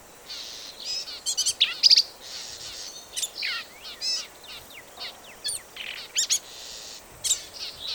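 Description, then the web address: Black-capped vireo: a loud cluster of sharp chattering notes early, followed by quicker, quieter squeaky and buzzy phrases running on. "birds vireos"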